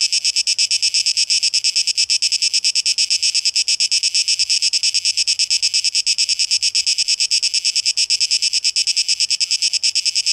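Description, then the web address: Cicada song: continuous high-pitched rattling buzz, rapid even pulses without pause, nothing else clearly heard. Recorded 12 August 2023; tape echo mix. "rauschpartikel Audio 2023-08-12 Zikaden"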